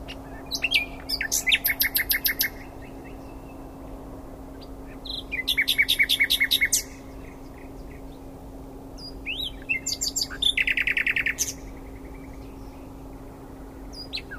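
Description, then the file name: Common nightingale song in three separate phrases, each a rapid rattling run of repeated notes, with pauses of a few seconds between and a steady low hum beneath. "Luscinia megarhynchos"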